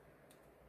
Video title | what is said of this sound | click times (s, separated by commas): Build with me - Dollhouse - part 4 #buildwithme #dollhouse | So there's these two little ends that just snap into place. | 0.3 s